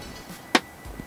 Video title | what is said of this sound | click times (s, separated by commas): Tesla Model 3: Real Carbon Fiber Center Console and Steering Wheel button covers installation | snaps right in perfect | 0.6 s